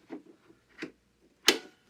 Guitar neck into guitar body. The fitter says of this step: all right you can hear it click in